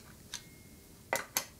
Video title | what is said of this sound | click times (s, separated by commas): 2023's Most Compact & Portable Power Station! FJD Pony 500 Review & Test | snapping oh my goodness it will just snap in place | 1.4 s